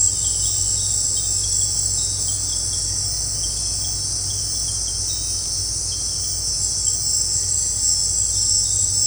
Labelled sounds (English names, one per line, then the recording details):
none
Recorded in dense forest near Puerto Asís, Putumayo, Colombia, on 26 December 2024 at 18:30
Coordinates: 0.468, -76.322
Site G071